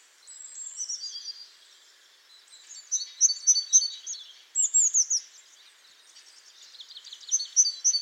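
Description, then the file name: Great tit calls: high, thin chirps and sliding notes in several short bursts separated by brief pauses. "Parus major"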